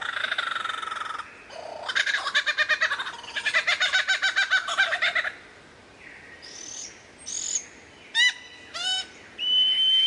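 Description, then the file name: Lyrebird song: a harsh buzzy note and a rapid pulsing rattle, followed by whistled slides and sharp clicking downsweeps. Variations. "suara lyrebird variasi"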